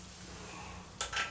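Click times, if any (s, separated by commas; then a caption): 1.0 s. Under a sink, the faucet's hot and cold supply hoses are pushed into the plastic quick-connect mixing connector body that feeds the faucet. After a low steady hum, a single sharp snap lands at 1.0 s, followed by a brief second burst of noise around 1.2 s. The hoses are confirmed snapped in place and all connected together.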